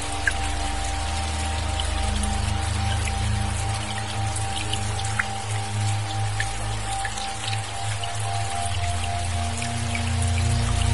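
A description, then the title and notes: Rain falls steadily through the night, a dense patter with scattered brighter drop ticks throughout. Underneath sits a constant low hum with a steady mid tone, like an engine or machine, unchanging across the whole stretch. Listen to the melody of the rain playing in the night.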